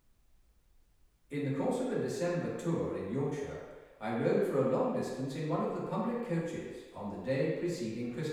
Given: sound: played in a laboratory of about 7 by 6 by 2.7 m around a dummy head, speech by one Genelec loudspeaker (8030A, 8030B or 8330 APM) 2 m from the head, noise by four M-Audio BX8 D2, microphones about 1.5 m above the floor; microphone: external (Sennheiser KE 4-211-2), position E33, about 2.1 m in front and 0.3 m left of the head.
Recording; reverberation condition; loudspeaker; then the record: male speech in English; high; 120 degrees to the left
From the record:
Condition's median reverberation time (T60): about 1300 ms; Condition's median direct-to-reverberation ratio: about -4.0 dB